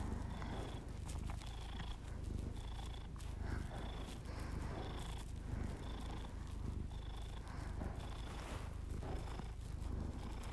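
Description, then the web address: Domestic cat purr, a continuous deep rumble, joined by soft breaths and a faint repeated tone. Pet cat purring, recorded as ASMR together with the owner's heavy breathing. "Miss-Because Just Purrs [ASMR][Literally just my cat purring and my heavy breathing]"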